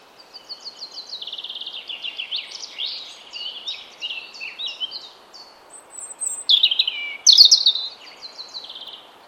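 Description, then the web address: European robin song, a long flowing string of thin high trills and warbles that grows louder with bright ringing notes near the end. "cianscape birddata Deverinetal 2025 Bird Only Er Ru"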